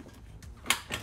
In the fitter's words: Clicks right in there.